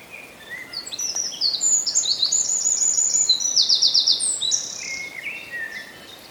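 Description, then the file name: Eurasian wren singing a high-pitched run of rapid trills and sharp notes, including a fast buzzy rattle, over background hiss. "Troglodytes troglodytes"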